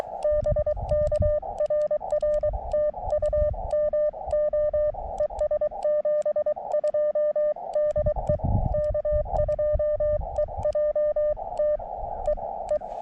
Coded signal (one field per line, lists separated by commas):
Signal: Morse code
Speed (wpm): 23 wpm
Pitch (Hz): 600 Hz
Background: none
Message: BK RR TU MO ES 72 DE K2EJT E E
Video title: Deja Vu: CW POTA at Chenango Valley State Park.....again......With the Elecraft KX2 and AX1 antenna